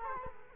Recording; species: mosquito wingbeat signal from an infrared sensor; Culex quinquefasciatus